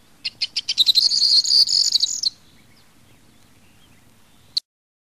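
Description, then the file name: Corn bunting song: a few dry ticks quickening into a high, jangling, glassy rattle, the whole song lasting about two seconds, then quiet with one short click near the end. "STRILLOZZO"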